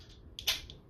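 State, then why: Seated. While transforming a plastic Transformers Armada Wheeljack robot toy, the folded plastic leg sections are pushed into the body until they pop into place. Sharp plastic clicks are heard at 0.4 s and 0.7 s, with a brighter burst of plastic noise just after the first. The legs end up seated.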